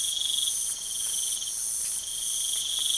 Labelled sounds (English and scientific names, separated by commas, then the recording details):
none
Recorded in pastures near Puerto Asís, Putumayo, Colombia, on 12 March 2025 at 04:00
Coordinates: 0.497, -76.327
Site G072